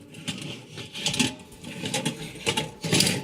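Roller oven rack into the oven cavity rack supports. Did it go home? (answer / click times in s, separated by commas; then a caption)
no / none. A roller rack is handled into rack position three of a Jenn-Air oven cavity, onto newly installed support brackets meant to keep the rack from falling off, and is being reinstalled to test it again. Several metal knocks and rattles are heard, with the sharpest hits near 1.1, 2.5, 2.6 and 3.0 seconds. The clip ends before the rack goes home, so nothing has seated or locked yet.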